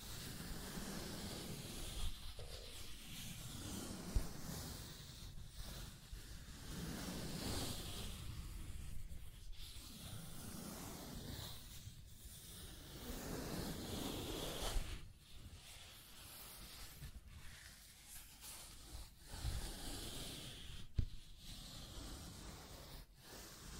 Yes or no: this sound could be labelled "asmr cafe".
no